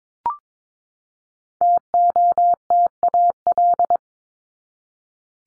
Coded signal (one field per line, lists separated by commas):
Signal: Morse code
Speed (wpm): 22 wpm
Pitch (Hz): 700 Hz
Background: none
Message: TOTAL